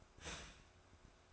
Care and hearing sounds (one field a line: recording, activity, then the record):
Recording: daily activity, microphone in the room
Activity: start toaster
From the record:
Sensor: 2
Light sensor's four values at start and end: 4/10/4/4 and 4/10/4/4